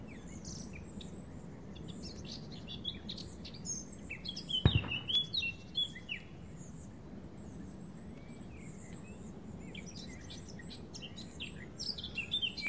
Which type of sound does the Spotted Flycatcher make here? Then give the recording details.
call. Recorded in the wild. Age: juvenile. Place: Tiuccia, Corsica, FR. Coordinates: 42.0761, 8.74361. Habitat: Macchia. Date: 2011-07-14. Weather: sunny, 20°C, weak wind. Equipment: Zoom H2, rear micophones. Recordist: Frommolt, Karl-Heinz